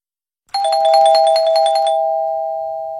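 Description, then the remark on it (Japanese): A bright electronic chime marking the quiz entry deadline plays a quick run of repeating notes, then settles into one sustained tone that slowly fades out. No voices are heard. “はい、クイズ締め切りのチャイムが鳴りました。”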